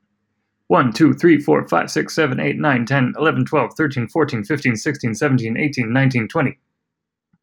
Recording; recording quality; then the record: counting at a fast pace; excellent, no background noise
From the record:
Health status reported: healthy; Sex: male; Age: 33 years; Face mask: not worn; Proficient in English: yes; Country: United States